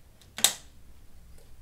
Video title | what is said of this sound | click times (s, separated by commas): Europa Components - Fitting Coils and Terminal Shrouds to a Europa F Range Contactor | that click happens you know that the coil is in place and | 0.4 s